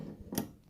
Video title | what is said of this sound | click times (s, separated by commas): Metabo jobsite table saw | you hear it lock. You hear it. Once it's in that hole, | 0.4 s